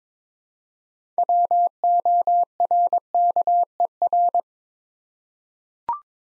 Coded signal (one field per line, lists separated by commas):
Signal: Morse code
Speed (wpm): 22 wpm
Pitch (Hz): 700 Hz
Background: none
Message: WORKER